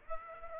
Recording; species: mosquito wingbeat signal from an infrared sensor; Aedes aegypti